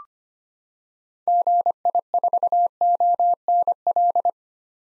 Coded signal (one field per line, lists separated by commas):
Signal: Morse code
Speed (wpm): 25 wpm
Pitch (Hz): 700 Hz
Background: none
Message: GI4ONL